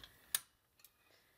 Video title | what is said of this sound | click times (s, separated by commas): Lego Mindstorms EV3 Intelligent Brick | four motors so just again push it into you hear the click and | 0.3 s